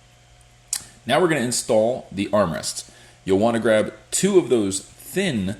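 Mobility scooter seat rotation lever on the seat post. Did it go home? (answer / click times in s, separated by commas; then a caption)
yes / 0.7 s. On a GOGO Elite Traveller Plus (SC54) 4-wheel mobility scooter, the seat rotation lever is worked after the seat is dropped onto the seat post, and it clicks into place with a sharp, loud click at 0.7 s. This shows that the seat is installed correctly. Someone talks afterward.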